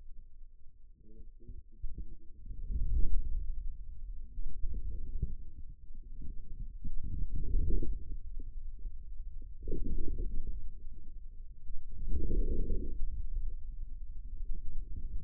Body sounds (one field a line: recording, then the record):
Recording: forearm muscle sounds (acoustic myography)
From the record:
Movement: inward rotation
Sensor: system 2, bracelet of six BSWA MPA416 microphones around the upper forearm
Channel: 2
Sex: male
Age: 22 years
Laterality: right